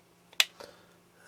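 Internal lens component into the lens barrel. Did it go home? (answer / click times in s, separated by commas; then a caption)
yes / 0.4 s. While reassembling an Ai-s Nikkor 135mm 1:2.8 manual-focus telephoto lens after cleaning oil off its aperture blades, an internal component is put back into the lens barrel. A faint tick at about 0.3 s is followed by a sharp, bright click at 0.4 s and a softer rattle around 0.6 s. The part clicks into place and is seated.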